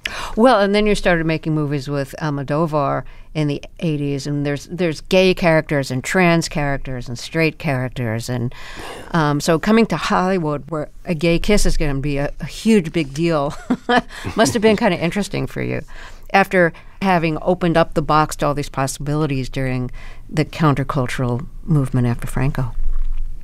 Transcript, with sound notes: Well, and then you started making movies with Almodovar in the '80s. And there's gay characters and trans characters and straight characters. And so coming to Hollywood, where a gay kiss is going to be a huge, big deal, (laughter) must have been kind of interesting for you after having opened up the box to all these possibilities during the countercultural movement after Franco.